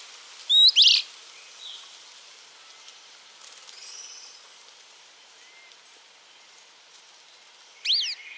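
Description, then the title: Long-tailed tyrant call: a pair of sharp high chips at the start, faint thin notes in between, and another brief high double note at the very end. Nominate subspecies Colonia colonus colonus. "LuckyPassaro Completos2Sama. Long-tailed Tyrant (Colonia colonus colonus)"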